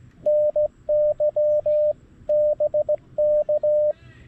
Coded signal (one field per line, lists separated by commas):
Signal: Morse code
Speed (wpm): 16 wpm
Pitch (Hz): 600 Hz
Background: radio noise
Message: NY BK